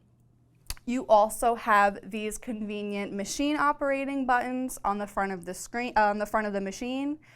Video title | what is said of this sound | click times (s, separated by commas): Janome Skyline S7AE Sewing and Quilting Machine | And then it snaps into place just like that. | 0.7 s